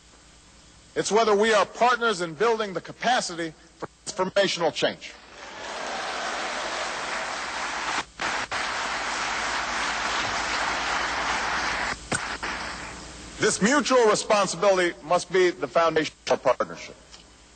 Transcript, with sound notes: it's whether we are partners in building the capacity for transformational change. (Applause.)
This mutual responsibility must be the foundation of our partnership.